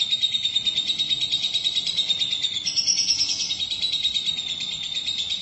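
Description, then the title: Lovebird chattering in a steady, pulsing run of shrill, scratchy notes, with a brief higher twittering burst partway through. "BM Suara Burung Lovebird"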